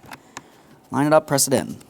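A door lock cable with a blue connector is lined up and pressed toward the interior door handle of a 2015-2019 Subaru Outback; two brief, sharp handling taps are heard near 0.1 and 0.4 s before someone talks. Nothing has seated or clicked yet by the end of the clip.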